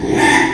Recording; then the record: squeal of a Yucatan mini pig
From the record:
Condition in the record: after surgery on the right vocal fold (resection and tissue-engineered implant); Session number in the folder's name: 3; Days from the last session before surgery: 33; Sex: male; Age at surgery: 12 weeks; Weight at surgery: 13 kg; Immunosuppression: cyclosporine, prednisolone